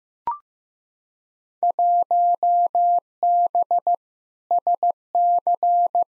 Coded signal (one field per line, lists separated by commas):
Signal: Morse code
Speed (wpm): 15 wpm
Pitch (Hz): 700 Hz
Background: none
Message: 1B SC